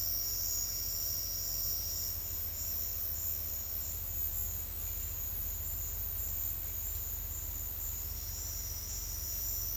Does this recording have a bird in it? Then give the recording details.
no. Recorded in secondary vegetation near Puerto Asís, Putumayo, Colombia, on 28 February 2025 at 11:30. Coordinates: 0.484, -76.319. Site G010